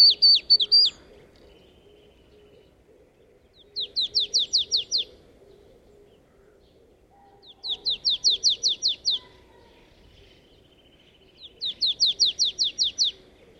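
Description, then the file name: Marsh tit delivering four bursts of rapid, descending high notes, the first cut short at the start and the rest of about eight to ten notes each, spaced roughly four seconds apart, over soft background hum. "Poecile palustris"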